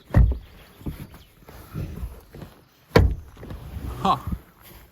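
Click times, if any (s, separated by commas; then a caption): none. The folded rear seat backrest of a 2021 Citroen C3 Shine is pushed against its latch on the body, giving dull thuds near 0.2 s and 3.0 s with quieter knocks and rustling in between, while someone talks. The backrest fails to lock again, and nothing has latched or clicked.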